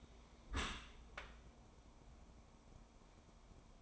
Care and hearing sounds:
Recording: daily activity, microphone in the room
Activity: close dishwasher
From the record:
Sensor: 1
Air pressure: 1012.4 hPa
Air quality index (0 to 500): 170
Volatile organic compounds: 3 ppm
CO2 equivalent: 1388 ppm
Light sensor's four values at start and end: 371/821/371/401 and 363/806/363/392

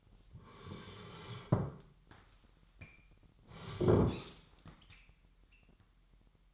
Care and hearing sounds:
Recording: daily activity, microphone in the room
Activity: sit down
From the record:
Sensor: 3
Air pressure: 998.6 hPa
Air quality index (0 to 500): 128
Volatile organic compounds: 3 ppm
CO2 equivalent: 1526 ppm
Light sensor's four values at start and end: 8/17/7/8 and 7/17/7/8

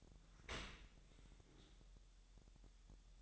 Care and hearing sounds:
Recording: daily activity, microphone in the room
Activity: open dishwasher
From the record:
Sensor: 3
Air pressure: 1000.6 hPa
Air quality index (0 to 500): 247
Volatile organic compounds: 171 ppm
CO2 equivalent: 4108 ppm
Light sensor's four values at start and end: 11/26/11/10 and 11/26/11/10

